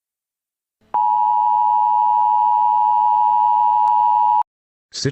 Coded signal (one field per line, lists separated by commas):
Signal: Emergency Alert System (SAME) tones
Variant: 853 and 960 Hz attention tone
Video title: EAS Scenario - CATastrophe (4K)